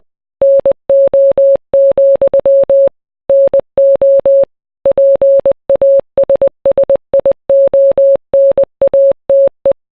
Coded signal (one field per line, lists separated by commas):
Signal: Morse code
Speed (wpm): 20 wpm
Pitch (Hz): 550 Hz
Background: none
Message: NO, NO PASSIONATE